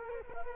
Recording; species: mosquito wingbeat signal from an infrared sensor; Culex quinquefasciatus